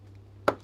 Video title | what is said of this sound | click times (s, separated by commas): Home Automation Hangout 2026-06-07 | Oh, that one. I just heard a click. | 0.5 s